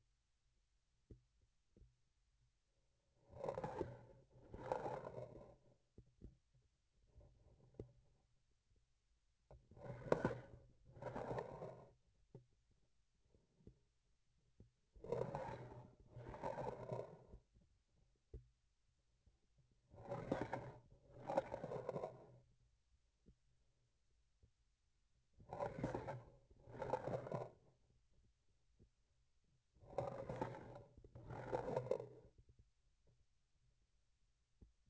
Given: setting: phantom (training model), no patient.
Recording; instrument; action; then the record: laparoscopic instrument, vibration sensor on the handle end; grasping forceps; approaching and retracting movements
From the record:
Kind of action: spatial motion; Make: other than Olympus